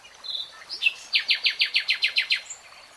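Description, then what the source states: Nightingale song: a thin whistle and short notes leading into a steady series of about nine loud, evenly spaced chirping notes. Nightingale singing, in a 3-hour real-time recording.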